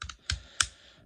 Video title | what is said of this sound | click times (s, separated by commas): TRANSFORMERS LEGACY STUNTICONS REVIEW | Make sure it clicks into place. | 0.3 s, 0.6 s